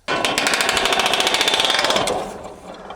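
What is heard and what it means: Someone tries to engage the metal toothed drive coupling on a hay tedder rotor, producing a rapid series of sharp metallic knocks from about 0.1 s to 2.1 s that then fade into a ringing decay. The coupling fails to engage because the teeth do not slip past each other; it must hit the centre, and nothing has seated or clicked yet.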